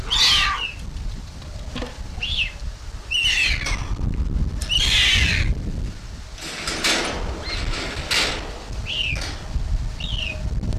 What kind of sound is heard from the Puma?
call